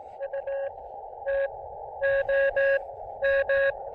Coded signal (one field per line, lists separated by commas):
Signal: Morse code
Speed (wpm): 18 wpm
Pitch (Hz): 560 Hz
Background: none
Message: UTOM